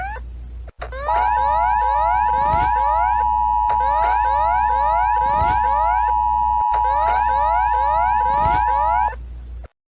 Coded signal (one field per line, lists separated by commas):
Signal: Emergency Alert System (SAME) tones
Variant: 853 and 960 Hz attention tone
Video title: (ARCHIVED) Debunk EAS alarms part 2 (Finally..)